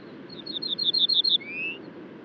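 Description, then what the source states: Ortolan Bunting singing a quick row of ringing similar notes followed by a single lower, sustained upslurred note, over faint background hiss. Male singing on a larch at the treeline, about 400 m below the Col du Granon (2400 m), Hautes-Alpes above Briançon, at dawn, 23 June 2018.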